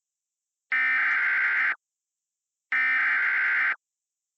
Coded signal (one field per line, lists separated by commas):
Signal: Emergency Alert System (SAME) tones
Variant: header bursts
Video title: Severe Weather Statement - EAS Mock